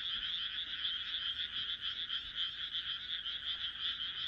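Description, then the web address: Frogs trilling as a continuous chorus, a high rattling buzz that swells and dips repeatedly. "kaeru kaeru"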